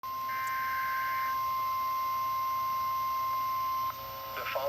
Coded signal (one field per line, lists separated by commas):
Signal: Emergency Alert System (SAME) tones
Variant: 1050 Hz attention tone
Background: speech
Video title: (EAS #37) Flash Flood Warning for Boone, McHenry, and Winnebago, Illinois